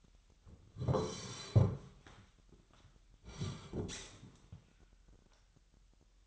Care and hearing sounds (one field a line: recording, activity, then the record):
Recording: daily activity, microphone in the room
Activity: sit down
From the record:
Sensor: 3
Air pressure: 998.5 hPa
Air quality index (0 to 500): 128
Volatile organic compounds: 3 ppm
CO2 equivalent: 1533 ppm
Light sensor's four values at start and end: 20/43/20/25 and 10/25/10/11